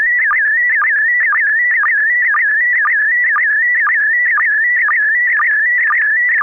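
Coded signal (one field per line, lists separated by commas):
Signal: SSTV (slow-scan television)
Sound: warbling tone around 2 kHz with short regular low blips, steady throughout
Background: faint low hum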